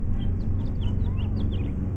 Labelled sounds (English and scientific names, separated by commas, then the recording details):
House Finch (Haemorhous mexicanus) song
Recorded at Valley Stream on Long Island, New York, on 17 June 1975
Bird A